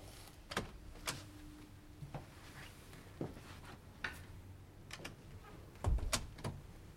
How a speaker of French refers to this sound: Vous claquerez la porte ?